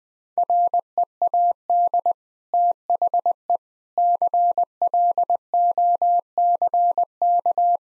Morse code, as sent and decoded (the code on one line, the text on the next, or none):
.-. . .- -.. / - .... . / -.-. .-.. --- -.-. -.-
READ THE CLOCK